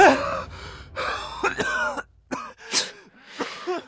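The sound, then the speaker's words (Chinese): A man, kneeling on the ground with his body gone limp, coughs over and over in a ragged series of harsh, raspy bursts, some voiced and strained like throat clearing, with short pauses and gasping breaths between them. “陈宫压力顿解，浑身发软，跪在地上咳嗽不已。”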